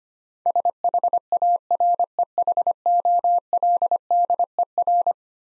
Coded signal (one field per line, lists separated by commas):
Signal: Morse code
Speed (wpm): 25 wpm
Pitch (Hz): 700 Hz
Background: none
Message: SHAREHOLDER